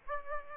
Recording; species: mosquito wingbeat signal from an infrared sensor; Aedes aegypti